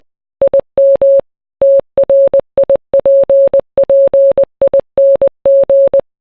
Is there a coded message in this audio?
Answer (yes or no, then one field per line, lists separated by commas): yes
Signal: Morse code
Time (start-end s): 0.4-6.0 s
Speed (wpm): 20 wpm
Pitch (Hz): 550 Hz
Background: none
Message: IM TRIPPING